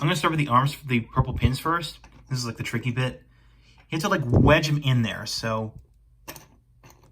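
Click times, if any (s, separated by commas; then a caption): 6.4 s. Someone talks while wedging the arm of a plastic Kamen Rider Revice Rex Genome Set action figure (Revice Remix Figure Series 01) onto the purple pins of another figure, pushing with some force. After a quiet pause, a short sharp snap at 6.4 s marks the arm seating on the peg, followed by a fainter tick at 7.0 s.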